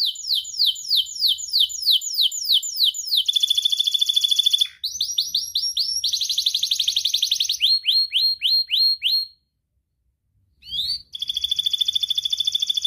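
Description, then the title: Atlantic canary song of fast repeated swept whistles alternating with rattling buzzy trills, phrases shifting every few seconds, a brief pause, then another trill. Actively singing ('gacor') canary from the Indonesian songbird hobby (kicaumania), with rich 'cengkok' phrasing and 'isian' filler notes. "Kenari Gacor Cengkok Isian Kenarigacor Kicaumania Kenari"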